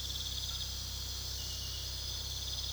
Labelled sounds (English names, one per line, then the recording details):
none
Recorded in pastures near Puerto Asís, Putumayo, Colombia, on 19 February 2024 at 01:30
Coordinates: 0.486, -76.323
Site G6462